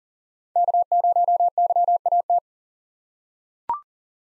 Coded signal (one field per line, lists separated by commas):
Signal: Morse code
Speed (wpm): 40 wpm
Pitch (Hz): 700 Hz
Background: none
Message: K0YAT